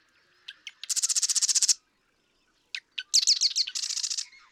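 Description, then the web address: Marsh Wren giving two songs, each starting with sharp ticks and breaking into a fast, harsh trill of repeated notes, the second more varied and bubbling. "birdsongforthecurious Marsh Wren"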